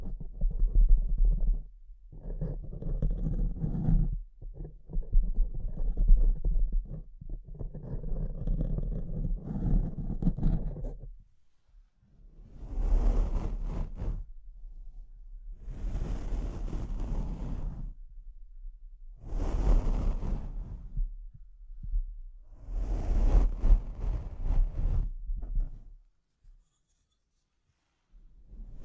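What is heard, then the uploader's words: Mic scratching fills the recording, starting with dense, low, rubbing bursts packed together for about eleven seconds. After a short pause come four longer, brighter scraping swells, each lasting two to three seconds and separated by brief gaps, before the sound cuts to silence near the end. ASMR Brain Melting Mic Scratching (No Talking).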